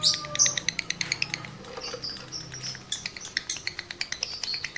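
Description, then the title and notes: Lovebird song: quick series of sharp ticks and twitters with brief shrill chirps. Male lovebird in breeding condition; the song is used as a lure to stimulate other lovebirds to sing. "Birahi Lovebird Jantan ke Gacor. Pancingan Suara Lovebird jantan birahi"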